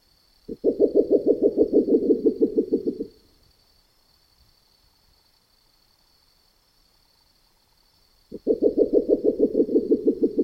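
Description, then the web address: Spectacled owl giving two rapid series of low, throbbing hoots, the first lasting about two and a half seconds and the second still going at the end, separated by a silent pause, over a steady faint high hiss. In the Neotropics. "neotropicheskaya ochkovaya sova"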